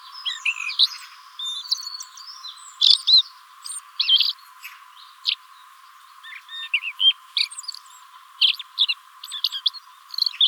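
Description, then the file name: Common blackbird: songbird phrases, short warbled and whistled notes in quick varied groups, with thin high twitters between them. "Turdus merula"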